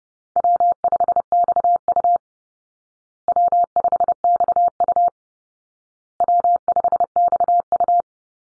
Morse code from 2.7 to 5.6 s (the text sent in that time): W5XU